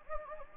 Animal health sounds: mosquito wingbeat signal from an infrared sensor; Anopheles gambiae

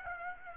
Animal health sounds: mosquito wingbeat signal from an infrared sensor; Aedes aegypti

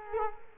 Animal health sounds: mosquito wingbeat signal from an infrared sensor; Culex quinquefasciatus

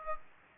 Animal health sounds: mosquito wingbeat signal from an infrared sensor; Aedes aegypti

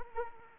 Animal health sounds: mosquito wingbeat signal from an infrared sensor; Anopheles arabiensis

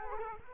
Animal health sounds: mosquito wingbeat signal from an infrared sensor; Culex quinquefasciatus

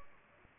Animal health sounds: mosquito wingbeat signal from an infrared sensor; Aedes aegypti

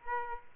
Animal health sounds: mosquito wingbeat signal from an infrared sensor; Aedes aegypti

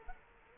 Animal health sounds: mosquito wingbeat signal from an infrared sensor; Culex quinquefasciatus

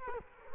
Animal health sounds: mosquito wingbeat signal from an infrared sensor; Culex quinquefasciatus

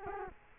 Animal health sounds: mosquito wingbeat signal from an infrared sensor; Culex quinquefasciatus

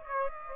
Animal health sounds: mosquito wingbeat signal from an infrared sensor; Aedes aegypti

